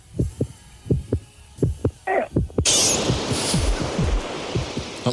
There's a storm in the background. Heart number three is a dolphin heart.